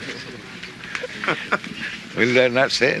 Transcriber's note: laughter